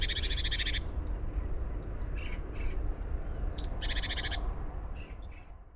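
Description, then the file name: Great tit harsh churring call: a rasping pulsed burst opens, softer scratchy notes follow, then a second loud buzzy churr, all over constant low background rumble. "Parus major"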